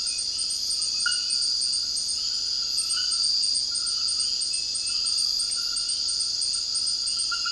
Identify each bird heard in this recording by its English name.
none